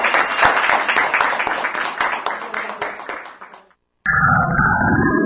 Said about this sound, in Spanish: ¡Vamos! Un aplauso grande.